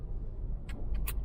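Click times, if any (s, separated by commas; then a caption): 1.1 s. A hex driver bit is dropped into the hand-lifted quick-change collet of a Hyper Tough 12V brushless impact driver. A short tick comes at 0.7 s, then the released collar snaps back with a sharp click at 1.1 s over low background rumble. The bit is locked into place.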